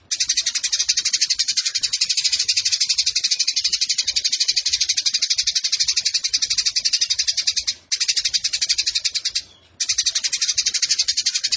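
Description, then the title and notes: Eurasian tree sparrow song: continuous quick-fire high chirping, nearly steady, with brief breaks toward the end. Fighting-style 'tarung nembak panjang' song with long shooting phrases and a clear voice, used as tutor song (masteran) for competition birds. "GEREJA TARUNG NEMBAK PANJANG SUARA JERNIH. Burung Gereja"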